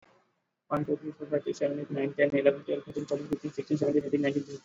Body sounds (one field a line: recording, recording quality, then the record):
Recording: counting at a fast pace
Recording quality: moderate, slight background noise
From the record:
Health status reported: exposed to COVID-19, no respiratory illness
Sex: male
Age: 24 years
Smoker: no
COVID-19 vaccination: both doses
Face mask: worn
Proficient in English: yes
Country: India